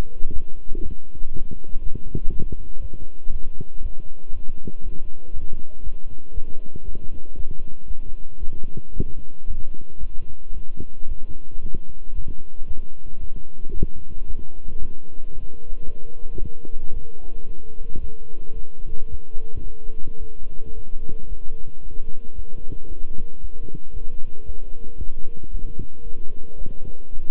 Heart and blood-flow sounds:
heart sounds by stethoscope; between the tricuspid and mitral areas; 114 bpm
0.31 s: heartbeat
0.81 s: heartbeat
1.31 s: heartbeat
1.81 s: heartbeat
2.30 s: heartbeat
2.80 s: heartbeat
3.30 s: heartbeat
3.80 s: heartbeat
4.31 s: heartbeat
4.81 s: heartbeat
5.32 s: heartbeat
5.82 s: heartbeat
6.33 s: heartbeat
6.83 s: heartbeat
7.34 s: heartbeat
7.86 s: heartbeat
8.38 s: heartbeat
8.92 s: heartbeat
9.45 s: heartbeat
9.99 s: heartbeat
10.52 s: heartbeat
11.06 s: heartbeat
11.60 s: heartbeat
12.13 s: heartbeat
12.66 s: heartbeat
13.19 s: heartbeat
13.72 s: heartbeat
14.25 s: heartbeat
14.78 s: heartbeat
15.31 s: heartbeat
15.84 s: heartbeat
16.38 s: heartbeat
16.91 s: heartbeat
17.45 s: heartbeat
17.99 s: heartbeat
18.54 s: heartbeat
19.09 s: heartbeat
19.63 s: heartbeat
20.18 s: heartbeat
20.73 s: heartbeat
21.27 s: heartbeat
21.81 s: heartbeat
22.34 s: heartbeat
22.87 s: heartbeat
23.39 s: heartbeat
23.92 s: heartbeat
24.44 s: heartbeat
24.97 s: heartbeat
25.49 s: heartbeat
26.03 s: heartbeat
26.56 s: heartbeat
27.11 s: heartbeat
From the record:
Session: walking at 3.7 km/h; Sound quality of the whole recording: good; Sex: male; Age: 26 years

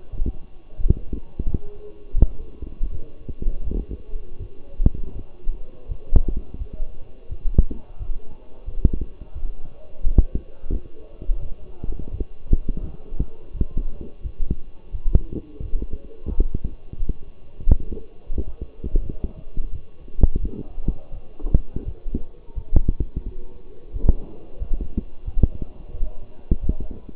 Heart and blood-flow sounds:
heart sounds by stethoscope; between the tricuspid and mitral areas; 86 bpm
0.11 s: heartbeat
0.77 s: heartbeat
1.45 s: heartbeat
2.15 s: heartbeat
2.90 s: heartbeat
3.64 s: heartbeat
4.38 s: heartbeat
5.14 s: heartbeat
5.88 s: heartbeat
6.58 s: heartbeat
7.29 s: heartbeat
7.98 s: heartbeat
8.65 s: heartbeat
9.34 s: heartbeat
10.02 s: heartbeat
10.69 s: heartbeat
11.39 s: heartbeat
12.10 s: heartbeat
12.80 s: heartbeat
13.53 s: heartbeat
14.22 s: heartbeat
14.91 s: heartbeat
15.61 s: heartbeat
16.29 s: heartbeat
16.97 s: heartbeat
17.67 s: heartbeat
18.34 s: heartbeat
19.02 s: heartbeat
19.71 s: heartbeat
20.40 s: heartbeat
21.11 s: heartbeat
21.84 s: heartbeat
22.55 s: heartbeat
23.24 s: heartbeat
23.93 s: heartbeat
24.59 s: heartbeat
25.25 s: heartbeat
25.92 s: heartbeat
26.60 s: heartbeat
From the record:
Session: walking at 3.7 km/h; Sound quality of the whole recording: partially saturated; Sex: male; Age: 24 years

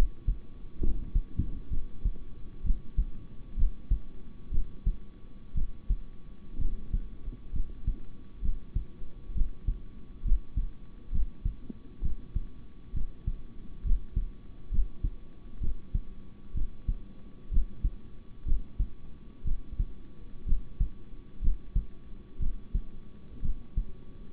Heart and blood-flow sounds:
heart sounds by stethoscope; between the tricuspid and mitral areas; 64 bpm
0.80 s: heartbeat
1.69 s: heartbeat
2.63 s: heartbeat
3.56 s: heartbeat
4.51 s: heartbeat
5.54 s: heartbeat
6.58 s: heartbeat
7.52 s: heartbeat
8.41 s: heartbeat
9.34 s: heartbeat
10.24 s: heartbeat
11.11 s: heartbeat
12.01 s: heartbeat
12.93 s: heartbeat
13.83 s: heartbeat
14.70 s: heartbeat
15.60 s: heartbeat
16.54 s: heartbeat
17.50 s: heartbeat
18.45 s: heartbeat
19.44 s: heartbeat
20.45 s: heartbeat
21.41 s: heartbeat
22.39 s: heartbeat
23.41 s: heartbeat
From the record:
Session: rest, sitting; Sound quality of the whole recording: good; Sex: male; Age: 26 years

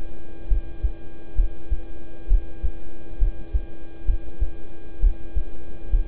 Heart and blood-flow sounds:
heart sounds by stethoscope; between the tricuspid and mitral areas; 66 bpm
0.48 s: heartbeat
1.35 s: heartbeat
2.27 s: heartbeat
3.18 s: heartbeat
4.05 s: heartbeat
5.00 s: heartbeat
5.90 s: heartbeat
From the record:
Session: rest, lying down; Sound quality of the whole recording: good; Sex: male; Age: 26 years

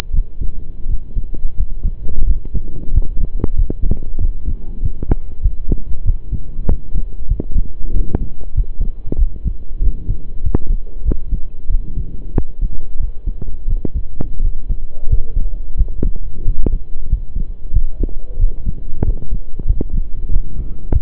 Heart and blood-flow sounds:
heart sounds by stethoscope; between the tricuspid and mitral areas; 92 bpm
0.14 s: heartbeat
0.89 s: heartbeat
1.58 s: heartbeat
2.27 s: heartbeat
2.94 s: heartbeat
3.57 s: heartbeat
4.21 s: heartbeat
4.83 s: heartbeat
5.43 s: heartbeat
6.06 s: heartbeat
6.69 s: heartbeat
7.29 s: heartbeat
7.94 s: heartbeat
8.56 s: heartbeat
9.19 s: heartbeat
9.82 s: heartbeat
10.44 s: heartbeat
11.06 s: heartbeat
11.70 s: heartbeat
12.35 s: heartbeat
13.00 s: heartbeat
13.68 s: heartbeat
14.43 s: heartbeat
15.10 s: heartbeat
15.78 s: heartbeat
16.46 s: heartbeat
17.10 s: heartbeat
17.74 s: heartbeat
18.40 s: heartbeat
19.05 s: heartbeat
19.68 s: heartbeat
20.32 s: heartbeat
20.93 s: heartbeat
From the record:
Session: pedaling a stationary bicycle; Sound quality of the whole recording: saturated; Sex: male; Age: 23 years

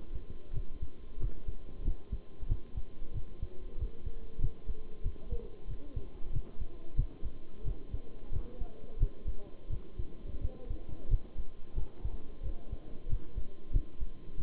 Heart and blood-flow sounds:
heart sounds by stethoscope; between the tricuspid and mitral areas; 91 bpm
0.53 s: heartbeat
1.19 s: heartbeat
1.84 s: heartbeat
2.48 s: heartbeat
3.13 s: heartbeat
3.77 s: heartbeat
4.40 s: heartbeat
5.03 s: heartbeat
5.67 s: heartbeat
6.32 s: heartbeat
6.96 s: heartbeat
7.64 s: heartbeat
8.31 s: heartbeat
8.99 s: heartbeat
9.69 s: heartbeat
10.40 s: heartbeat
11.09 s: heartbeat
11.75 s: heartbeat
12.42 s: heartbeat
13.08 s: heartbeat
13.72 s: heartbeat
14.37 s: heartbeat
From the record:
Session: bicycle stress test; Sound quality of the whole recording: good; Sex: male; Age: 23 years

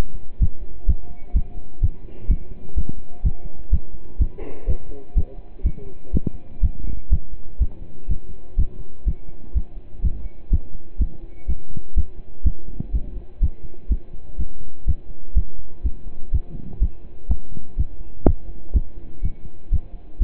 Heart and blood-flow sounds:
heart sounds by stethoscope; between the tricuspid and mitral areas; 124 bpm
0.41 s: heartbeat
0.88 s: heartbeat
1.35 s: heartbeat
1.82 s: heartbeat
2.29 s: heartbeat
2.77 s: heartbeat
3.24 s: heartbeat
3.72 s: heartbeat
4.20 s: heartbeat
4.68 s: heartbeat
5.16 s: heartbeat
5.65 s: heartbeat
6.13 s: heartbeat
6.62 s: heartbeat
7.11 s: heartbeat
7.60 s: heartbeat
8.09 s: heartbeat
8.58 s: heartbeat
9.06 s: heartbeat
9.55 s: heartbeat
10.03 s: heartbeat
10.51 s: heartbeat
11.00 s: heartbeat
11.48 s: heartbeat
11.96 s: heartbeat
12.45 s: heartbeat
12.93 s: heartbeat
13.42 s: heartbeat
13.90 s: heartbeat
14.39 s: heartbeat
14.87 s: heartbeat
15.36 s: heartbeat
15.84 s: heartbeat
16.33 s: heartbeat
16.81 s: heartbeat
17.29 s: heartbeat
17.78 s: heartbeat
18.26 s: heartbeat
18.74 s: heartbeat
19.23 s: heartbeat
19.71 s: heartbeat
20.20 s: heartbeat
From the record:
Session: pedaling a stationary bicycle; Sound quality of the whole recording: partially saturated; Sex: male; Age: 27 years

